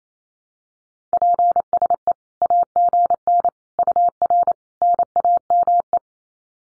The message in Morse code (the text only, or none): PSE AGN UR NAME